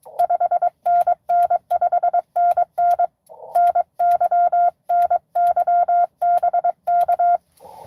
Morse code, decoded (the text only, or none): 5NN 5NN NY NY BK